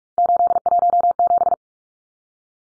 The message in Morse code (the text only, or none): 817